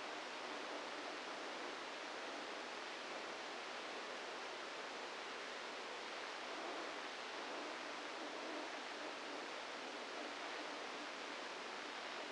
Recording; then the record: brain microelectrode recording played as sound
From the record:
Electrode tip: inside the subthalamic nucleus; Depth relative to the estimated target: 0 mm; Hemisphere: left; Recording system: NeuroSet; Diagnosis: Parkinson's disease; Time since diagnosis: 27 years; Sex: male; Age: 62 years